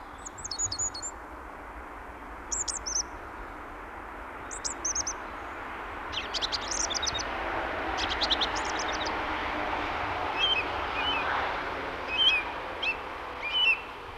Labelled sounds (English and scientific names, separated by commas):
Song Thrush (Turdus philomelos) song